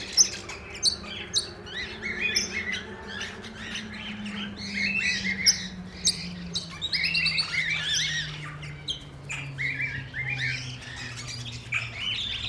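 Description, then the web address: Parrots chirping and squeaking in a lively flock, sharp clicks scattered through, while a low hum slowly falls in pitch beneath. Parrots (plural) at Nyíregyháza Zoo, recorded in 2010, on top of the green pyramid. "allathangok nyiregyhazizoo 2010 standardt madarak papagajokazoldpiramistetejen"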